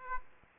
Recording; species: mosquito wingbeat signal from an infrared sensor; Aedes aegypti